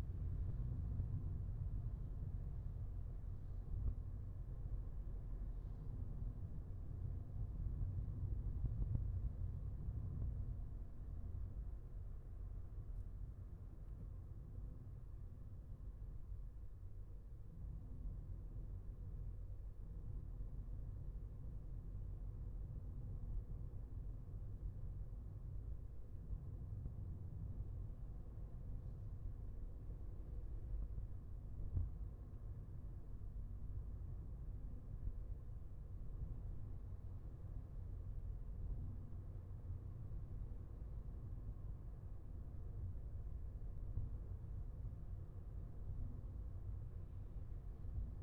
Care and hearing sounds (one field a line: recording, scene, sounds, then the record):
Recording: everyday scene through a hearing-aid microphone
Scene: in a vehicle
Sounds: engine, highway driving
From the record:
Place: Skoda Fabia, gasoline engine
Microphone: behind the ear, left, front